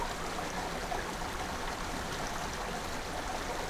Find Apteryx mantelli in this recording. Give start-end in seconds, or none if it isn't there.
none